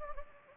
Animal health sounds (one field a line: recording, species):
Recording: mosquito wingbeat signal from an infrared sensor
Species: Anopheles gambiae